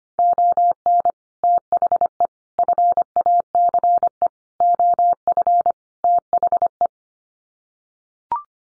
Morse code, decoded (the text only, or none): ON THE FACE OF THE